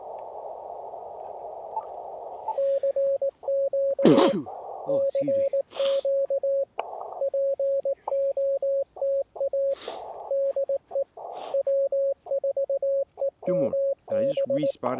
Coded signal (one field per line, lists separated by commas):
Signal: Morse code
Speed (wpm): 19 wpm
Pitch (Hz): 550 Hz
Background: speech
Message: CQ CQ POTA DE W4EMB